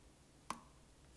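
A new drain pump is pushed into the plastic sump housing of a Bosch dishwasher and twisted anti-clockwise. A single sharp click at 0.5 s, with a brief ring around 1 kHz, is the retaining clip clicking into place, leaving the pump seated.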